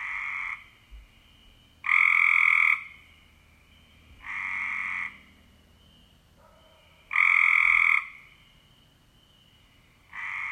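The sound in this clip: Cope's gray treefrog calling in short raspy trills, about five bursts alternating between louder and softer.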